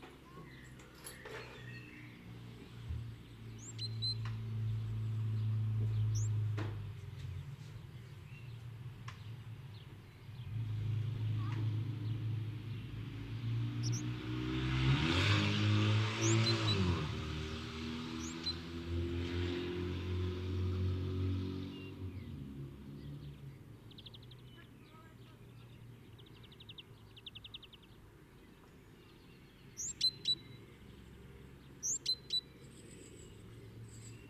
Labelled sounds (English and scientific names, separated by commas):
Great Tit (Parus major) song